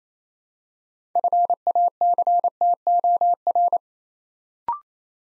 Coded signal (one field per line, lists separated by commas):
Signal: Morse code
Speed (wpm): 28 wpm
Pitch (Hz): 700 Hz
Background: none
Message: FACTOR